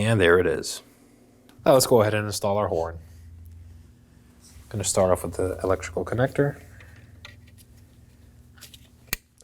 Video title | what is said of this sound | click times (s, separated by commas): How to Replace Horn Assembly 2018-2024 Chevrolet Equinox | Slide it in. Make sure you hear that click. | 9.1 s